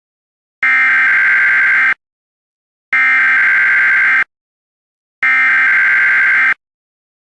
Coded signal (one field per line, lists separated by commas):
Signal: Emergency Alert System (SAME) tones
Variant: header bursts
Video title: EAS Classic: AT&T Tornado Warning EAS